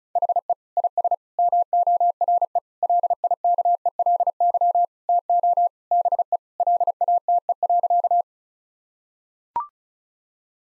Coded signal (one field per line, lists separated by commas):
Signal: Morse code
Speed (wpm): 36 wpm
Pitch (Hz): 700 Hz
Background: none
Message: HE IS MORE LIKELY TO BE LATE.